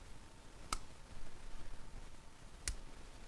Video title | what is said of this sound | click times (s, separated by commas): Review: Leatherman Juice XE6 Overview! | to hear the clicks | 0.7 s, 2.7 s